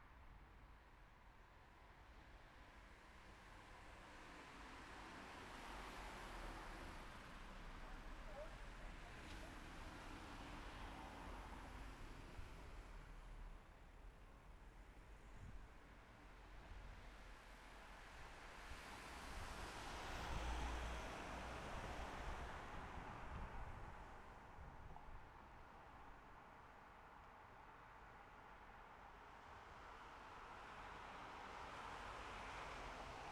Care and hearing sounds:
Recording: everyday scene through a hearing-aid microphone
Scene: in traffic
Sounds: traffic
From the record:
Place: city secondary road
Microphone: behind the ear, left, rear

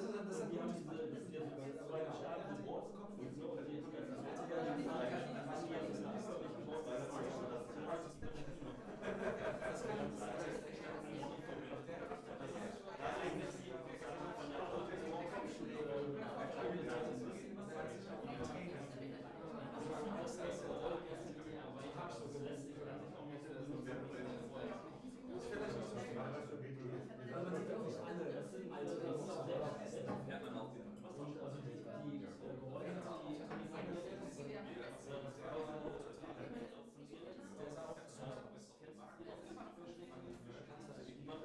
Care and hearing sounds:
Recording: everyday scene through a hearing-aid microphone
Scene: many people talking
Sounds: many voices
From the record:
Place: bistro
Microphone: behind the ear, left, front

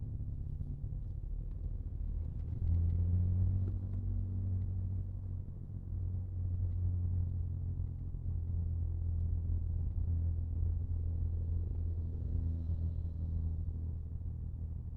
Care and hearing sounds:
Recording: everyday scene through a hearing-aid microphone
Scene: in a vehicle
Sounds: engine, rumble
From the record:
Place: Skoda Fabia, gasoline engine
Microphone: in the ear canal, left

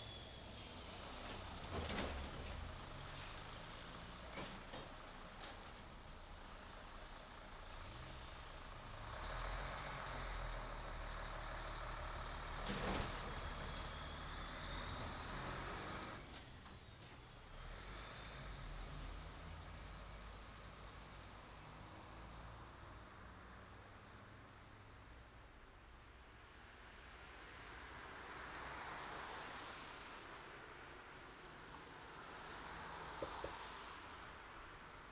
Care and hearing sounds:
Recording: everyday scene through a hearing-aid microphone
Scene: in traffic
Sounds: traffic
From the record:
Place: city secondary road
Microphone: in the ear canal, left

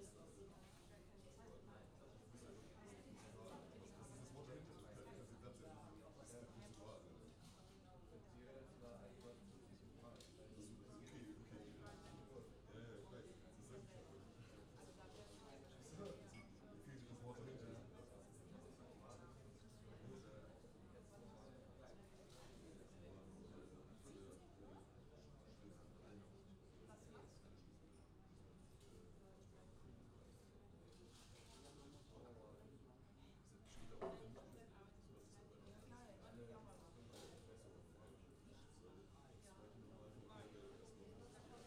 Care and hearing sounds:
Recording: everyday scene through a hearing-aid microphone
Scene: many people talking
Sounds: many voices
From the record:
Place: university cafeteria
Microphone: in the ear canal, left

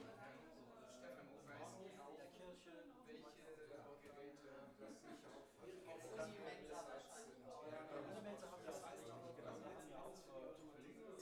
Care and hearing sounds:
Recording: everyday scene through a hearing-aid microphone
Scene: many people talking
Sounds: many voices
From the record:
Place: bistro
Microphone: behind the ear, left, rear

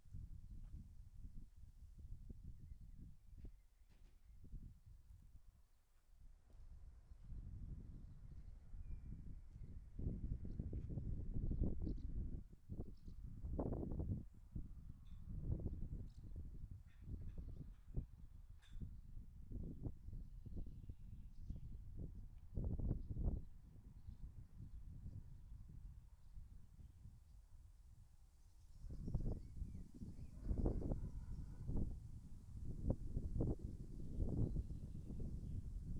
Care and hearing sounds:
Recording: everyday scene through a hearing-aid microphone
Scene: wind on the microphone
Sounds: wind, other noises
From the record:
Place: in front of a rural house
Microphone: behind the ear, left, rear

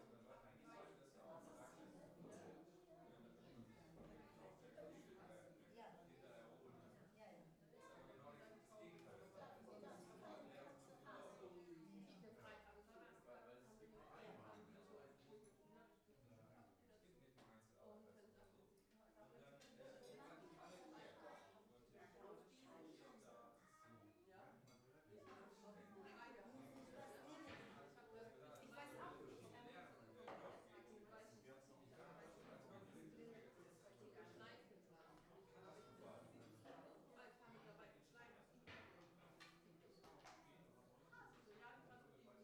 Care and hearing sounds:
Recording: everyday scene through a hearing-aid microphone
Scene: many people talking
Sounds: many voices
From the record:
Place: parish hall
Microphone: behind the ear, right, front

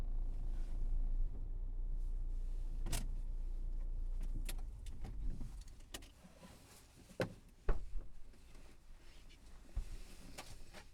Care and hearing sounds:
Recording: everyday scene through a hearing-aid microphone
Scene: in a vehicle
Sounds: other noises, engine stopping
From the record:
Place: Berlingo II, diesel engine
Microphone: behind the ear, left, rear

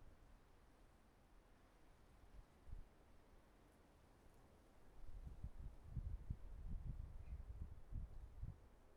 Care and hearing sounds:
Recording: everyday scene through a hearing-aid microphone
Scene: wind on the microphone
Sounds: wind, traffic, birds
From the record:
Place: suburban garden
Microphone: behind the ear, right, rear

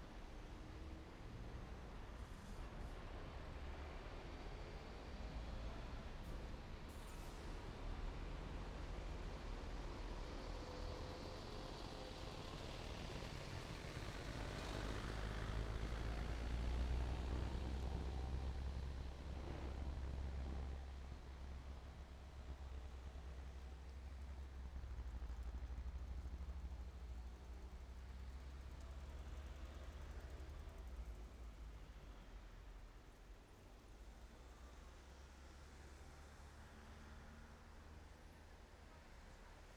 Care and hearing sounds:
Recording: everyday scene through a hearing-aid microphone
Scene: in traffic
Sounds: traffic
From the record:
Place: main road on the outskirts, rush hour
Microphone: behind the ear, right, front

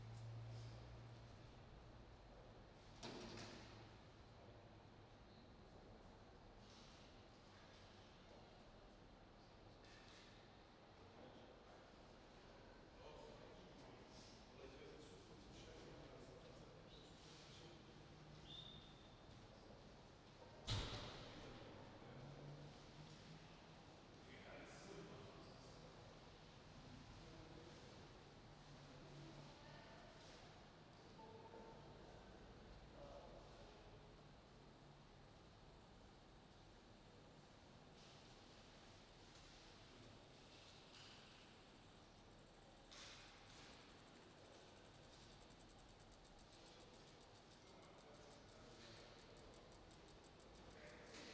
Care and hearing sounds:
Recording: everyday scene through a hearing-aid microphone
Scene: reverberant space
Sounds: background noise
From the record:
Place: railway station hall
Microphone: in the ear canal, right

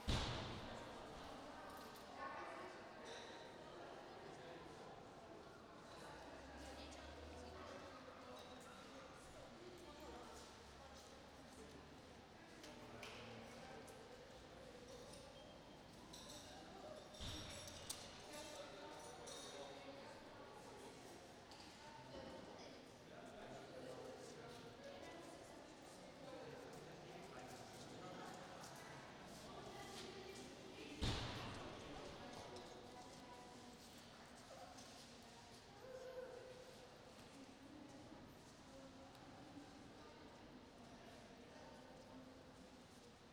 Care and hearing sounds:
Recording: everyday scene through a hearing-aid microphone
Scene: reverberant space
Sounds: background noise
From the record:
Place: railway station hall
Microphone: in the ear canal, right

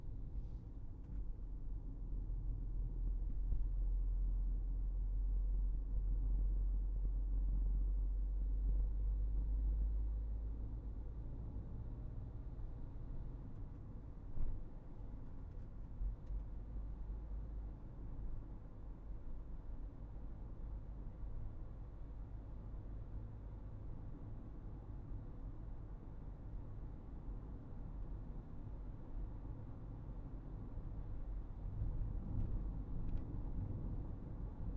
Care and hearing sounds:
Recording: everyday scene through a hearing-aid microphone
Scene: in a vehicle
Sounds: engine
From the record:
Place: Berlingo II, diesel engine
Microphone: behind the ear, right, rear

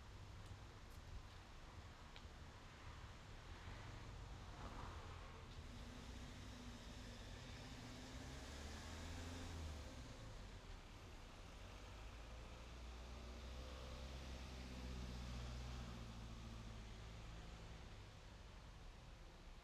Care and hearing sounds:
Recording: everyday scene through a hearing-aid microphone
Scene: in traffic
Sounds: traffic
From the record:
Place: main road on the outskirts, rush hour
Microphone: in the ear canal, left

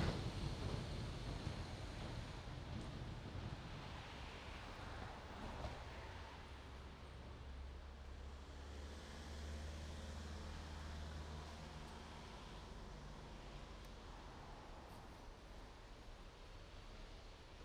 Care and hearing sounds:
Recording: everyday scene through a hearing-aid microphone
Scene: in traffic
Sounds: traffic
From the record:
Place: main road on the outskirts, rush hour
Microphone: in the ear canal, right

